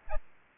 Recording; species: mosquito wingbeat signal from an infrared sensor; Aedes aegypti